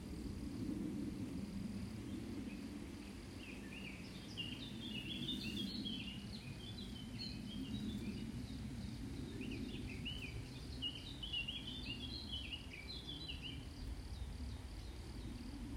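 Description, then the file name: Eurasian blackcap song, quick warbled twittering phrases coming in bursts around four to six seconds and again later, faint against a steady hiss of background noise. "Moenchgrasmuecke"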